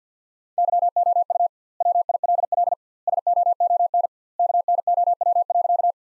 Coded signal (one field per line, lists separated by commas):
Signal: Morse code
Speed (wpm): 50 wpm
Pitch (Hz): 700 Hz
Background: none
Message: YOU WILL SOON KNOW.